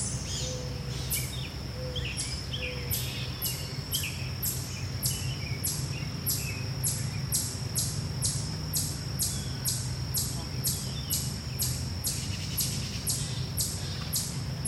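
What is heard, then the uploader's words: Birds chirp through a steady low rumble of passing vehicles, with short bright calls scattered across the whole stretch. A rapid, regular high ticking pulses about twice a second throughout, like an insect, and faint voices may sit in the mix. Park Sounds: Insects, Birds, Vehicles, People. Not sure if those are crickets constantly buzzing in the background? Lots of birds and of course vehicles. Recorder: Zoom H6 Mic: XYH-6 X/Y Capsule 120 Degrees.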